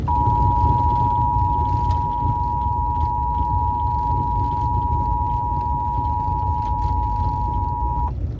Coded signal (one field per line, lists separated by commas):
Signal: Emergency Alert System (SAME) tones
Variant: 853 and 960 Hz attention tone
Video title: Flash Flood Warning (EAS 2321)